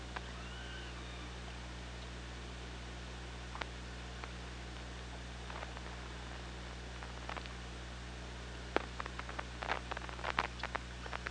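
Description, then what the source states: Killer whale tonal calls at the start, scattered clicks, then clusters of sharp clicks toward the end, over constant low hum. Killer whales picked up underwater by an OrcaLab hydrophone, 24 August 2017, at 15:45:26.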